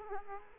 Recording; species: mosquito wingbeat signal from an infrared sensor; Aedes aegypti